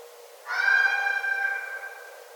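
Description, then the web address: Red fox giving a single sustained, harmonic cry that starts abruptly and trails off over more than a second. Recorded on 9 December 2011. "Red Fox 2011 12 09"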